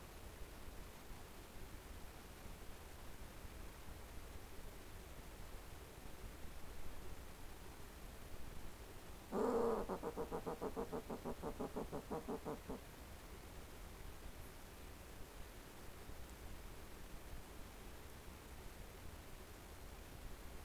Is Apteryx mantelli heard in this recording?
no